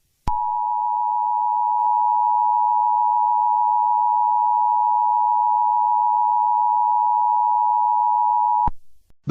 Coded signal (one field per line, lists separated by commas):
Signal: Emergency Alert System (SAME) tones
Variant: 853 and 960 Hz attention tone